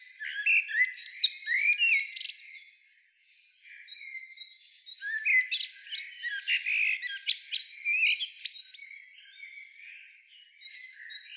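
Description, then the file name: Common blackbird twittering: two dense bouts of scratchy, rapid high chirps and clicks, with faint thin tones between them. "Turdus merula"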